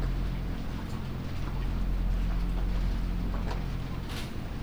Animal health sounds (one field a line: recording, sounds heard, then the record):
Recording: poultry house recording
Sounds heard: sick chickens (respiratory disease)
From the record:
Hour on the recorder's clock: 0